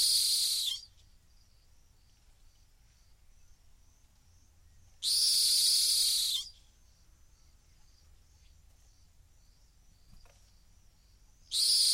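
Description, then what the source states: Rock hyrax calls: loud, grating screams of about a second and a half, repeated at intervals of several seconds, with quiet pauses between them. Calling from the edge of a gorge in the Masai Mara.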